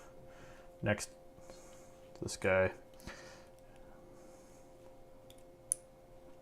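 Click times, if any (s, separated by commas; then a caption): 5.7 s. Someone talks while a crimped terminal pin, crimped with an iCrimp Deutsch crimping tool, is pushed into a Deutsch connector housing on the modified wiring harness of a 4Runner parallel ECU adapter. Quieter handling sounds follow, then a single sharp click at 5.7 s as the pin snaps fully home. The pin is seated with a positive engagement.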